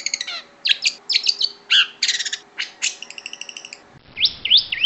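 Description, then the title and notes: Bird song made of varied high chirps, quick downslurred notes and short stacked whistles, ending in brisk rising whistled phrases. Birdsong meant for tutoring pet songbirds so they learn to sing. "Suara Burung. Suara Kicauan Burung untuk memaster burung kesayangan"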